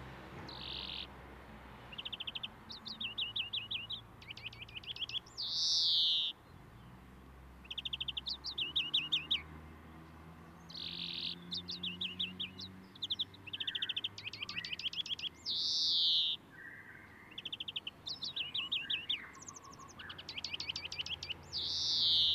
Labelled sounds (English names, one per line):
European Greenfinch song